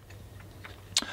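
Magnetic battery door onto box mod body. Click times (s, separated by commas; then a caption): 1.0 s. The magnetic back cover of a Golden Box MK 2 box vape mod is pressed back onto the body over the battery bay. A few faint ticks over a low steady hum lead to one sharp, bright snap at 1.0 s. The battery door seats in place.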